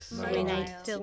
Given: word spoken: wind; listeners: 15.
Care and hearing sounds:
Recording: one English word in noise, from a listening test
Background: four-talker babble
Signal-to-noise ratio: -1.1 dB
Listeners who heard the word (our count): 0 of 15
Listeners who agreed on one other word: 6 of 15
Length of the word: 0.63 s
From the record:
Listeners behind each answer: 6, 2, 1, 1, 1, 1, 1, 1, 1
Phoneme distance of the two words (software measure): 24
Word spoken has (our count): 1 syllable, 4 phonemes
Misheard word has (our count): 2 syllables, 4 phonemes, stress on syllable 1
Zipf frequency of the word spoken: 5.00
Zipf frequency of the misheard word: 2.91

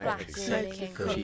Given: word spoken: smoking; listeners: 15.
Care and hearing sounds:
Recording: one English word in noise, from a listening test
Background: four-talker babble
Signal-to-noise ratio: -1.8 dB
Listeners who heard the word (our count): 4 of 15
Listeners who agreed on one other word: 7 of 15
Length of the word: 0.84 s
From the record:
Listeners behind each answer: 7, 4, 2, 1, 1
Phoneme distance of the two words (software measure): 54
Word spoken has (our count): 2 syllables, 6 phonemes, stress on syllable 1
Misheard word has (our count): 1 syllable, 4 phonemes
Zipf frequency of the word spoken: 4.30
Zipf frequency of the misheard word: 4.20

